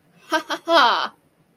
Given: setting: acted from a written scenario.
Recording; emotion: vocal sound without words; triumph